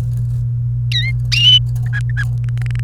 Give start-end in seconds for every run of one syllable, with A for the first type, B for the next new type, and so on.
0.92-1.11 A, 1.86-2.24 B, 2.44-2.80 C